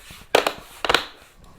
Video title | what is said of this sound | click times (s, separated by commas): PS4 Pro Loud Fan noise easy cleaning tutorial | it's okay if you hear like those clicks start from Back to Front takes | 0.3 s, 0.5 s, 0.8 s, 0.9 s